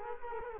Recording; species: mosquito wingbeat signal from an infrared sensor; Culex quinquefasciatus